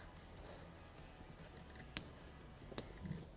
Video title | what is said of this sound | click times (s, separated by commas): Yamaha Rhino 450, 660 & 700 Tusk Power Steering Kit Install | we'll wrap the top of this over make sure it snaps into place and then we're going to trim off | 2.0 s, 2.8 s